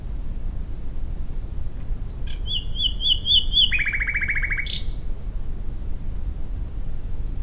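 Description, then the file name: Common nightingale phrase: a high sustained whistled note stepping into rapid buzzy repeated notes, ending abruptly with a sharp flourish, then quiet with a low background hum. "Luscinia megarhynchos"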